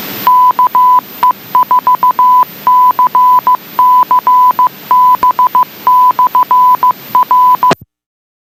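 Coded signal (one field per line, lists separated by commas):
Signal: Morse code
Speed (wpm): 15 wpm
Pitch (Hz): 1000 Hz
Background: none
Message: KE4CCB/R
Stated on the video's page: Morse last-call tribute for a deceased amateur operator.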